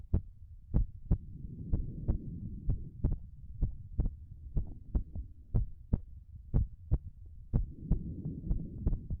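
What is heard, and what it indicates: A brief voice at the start, then the mother's heartbeat, heard by contact: a normal, steady heartbeat.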